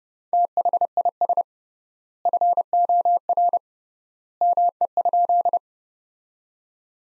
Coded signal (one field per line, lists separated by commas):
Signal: Morse code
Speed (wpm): 32 wpm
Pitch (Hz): 700 Hz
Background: none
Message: THIS FOR ME?